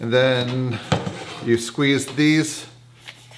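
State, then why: Seated. A Milwaukee M12 Rocket Light 2132-20 job light is collapsed for carrying: two buttons are squeezed and its legs and mast fold down into the stowed position. Someone talks through most of the clip. The light locks into place with a single sharp click at 3.1 s.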